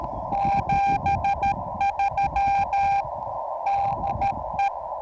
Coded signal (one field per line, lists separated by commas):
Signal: Morse code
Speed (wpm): 14 wpm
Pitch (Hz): 810 Hz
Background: none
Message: 73 DE